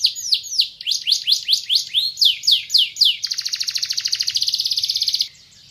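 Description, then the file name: Canary song: a run of repeated descending whistled notes, then a rapid buzzy trill of fast-repeated notes that stops abruptly near the end. "kompilasi kicauan kenari van helsing omkicau"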